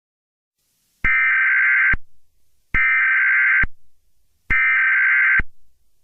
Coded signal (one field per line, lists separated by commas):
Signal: Emergency Alert System (SAME) tones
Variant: header bursts